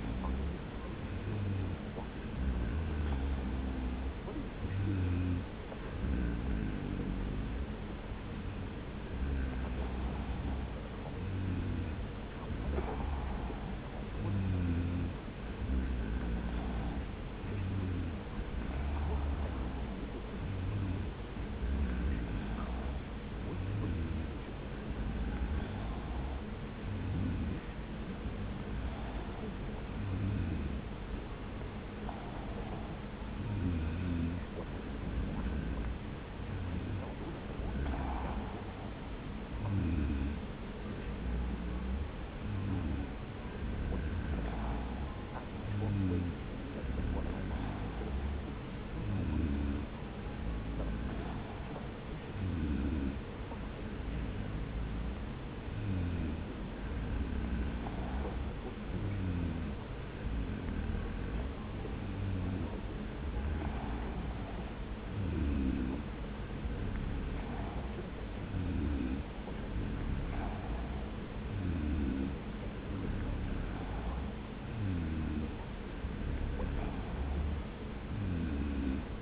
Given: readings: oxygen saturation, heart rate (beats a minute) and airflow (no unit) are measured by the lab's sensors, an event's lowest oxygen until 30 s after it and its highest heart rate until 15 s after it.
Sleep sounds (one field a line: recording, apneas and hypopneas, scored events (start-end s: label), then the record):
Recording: breathing in sleep by a voice recorder at the bedside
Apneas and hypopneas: none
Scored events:
none scored
From the record:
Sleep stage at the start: N2 (light sleep)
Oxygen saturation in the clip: 93 to 94%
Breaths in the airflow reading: 25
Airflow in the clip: -1.0 to 1.2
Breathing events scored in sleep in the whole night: 335 in 6.7 hours asleep